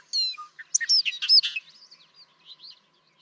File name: Bobolink